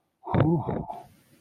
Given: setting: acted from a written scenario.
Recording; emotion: vocal sound without words; relief